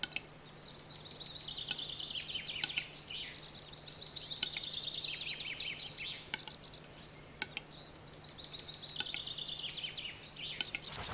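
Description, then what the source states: Western capercaillie display: two long scratchy, wheezing whetting phrases separated by a brief pause, with a couple of isolated clicks. Display (lekking song, Hungarian 'dürgés') recorded in the Czech Republic.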